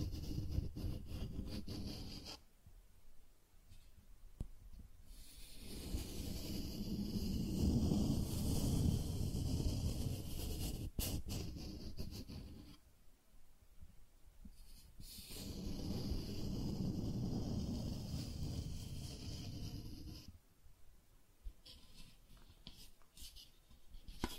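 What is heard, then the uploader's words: Cardboard being scratched and rubbed in long, rasping strokes, the scraping swelling for several seconds at a time and then easing off. Loud stretches run roughly from 5 to 11 seconds and 15 to 20 seconds, with quieter, thinner scratching in between. Cardboard Scratching, Tracing, Tearing.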